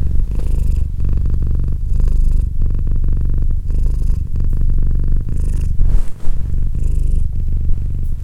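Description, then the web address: Domestic cat purring, a steady low rumble with soft pulsing, continuous throughout. "Cat Purr 201308 Cat purr"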